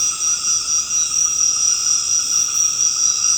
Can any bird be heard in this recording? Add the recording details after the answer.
no. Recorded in secondary vegetation near Puerto Asís, Putumayo, Colombia, on 8 March 2025 at 19:30. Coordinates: 0.485, -76.322. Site G040